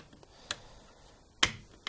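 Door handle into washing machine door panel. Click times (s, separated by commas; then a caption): 1.4 s. A new plastic door handle for a Bosch washing machine is placed into the door panel and its bars are pressed so they lock into place on either side. Sharp snaps sound at 0.5, 1.4 and 1.9 seconds, and the loudest, at 1.4 seconds, is the handle locking into the panel.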